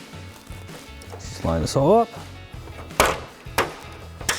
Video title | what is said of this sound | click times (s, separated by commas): 2019-2021 Sierra 1500 Denali Style Upper Replacement Grille Review & Install | Push down until you hear all the clicks. | 3.0 s, 3.6 s, 4.3 s